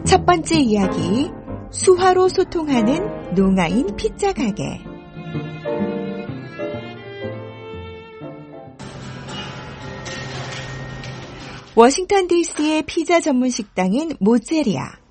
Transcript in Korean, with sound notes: “첫 번째 이야기, 수화로 소통하는 농아인 피자가게”
[현장음:모제리아 가게]
워싱턴 D.C.의 피자 전문식당인 ‘모제리아